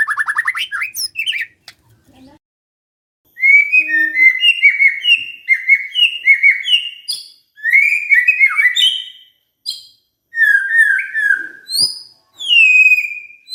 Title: PANCINGAN MURAI BATU. SIULAN MURAI BATU❗ PANCINGAN MURAI MALAS AGAR BUNYI